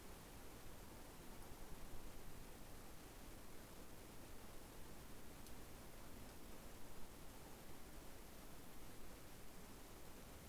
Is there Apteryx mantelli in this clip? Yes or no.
no